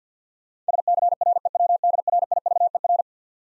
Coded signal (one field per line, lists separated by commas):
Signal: Morse code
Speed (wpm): 50 wpm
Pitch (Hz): 700 Hz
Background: none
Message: SCREWDRIVER